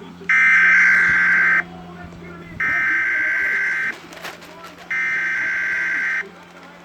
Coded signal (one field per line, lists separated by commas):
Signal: Emergency Alert System (SAME) tones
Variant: header bursts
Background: speech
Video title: 2 Minutes Of EAS Alarm